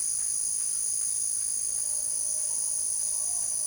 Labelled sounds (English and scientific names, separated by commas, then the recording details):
none
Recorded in secondary vegetation near Puerto Asís, Putumayo, Colombia, on 9 March 2025 at 17:30
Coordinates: 0.489, -76.322
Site G042